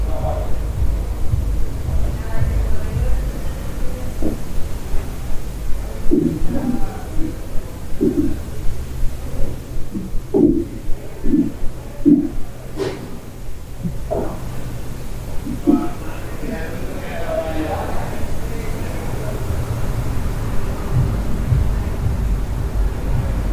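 Sounds from a hostel room: a steady low rumble underneath, with scattered voices and short knocks and clicks, busiest between about six and sixteen seconds.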